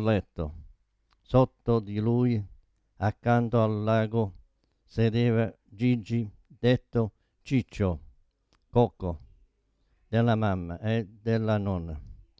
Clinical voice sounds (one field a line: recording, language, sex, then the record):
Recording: read passage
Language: Italian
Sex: male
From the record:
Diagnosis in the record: Parkinson's disease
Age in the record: 72 years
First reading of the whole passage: 118 s, 4.4 characters per second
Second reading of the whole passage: 99 s, 5.2 characters per second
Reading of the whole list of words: 88 s, 3.2 characters per second